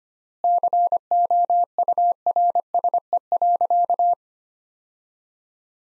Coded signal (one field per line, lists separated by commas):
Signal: Morse code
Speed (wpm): 25 wpm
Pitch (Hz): 700 Hz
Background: none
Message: COURSE.